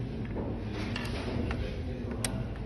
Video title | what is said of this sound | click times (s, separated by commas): Bongkar Pasang PC | Nah, sudah terkunci. | 2.2 s